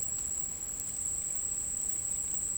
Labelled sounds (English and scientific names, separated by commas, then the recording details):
none
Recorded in dense forest near Puerto Asís, Putumayo, Colombia, on 27 June 2025 at 13:30
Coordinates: 0.503, -76.323
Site G059